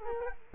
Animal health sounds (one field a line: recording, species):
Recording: mosquito wingbeat signal from an infrared sensor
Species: Culex quinquefasciatus